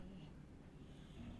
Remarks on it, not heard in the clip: You can hear my dog snoring on the couch as per usual. It's late at night, so she's nice and tired.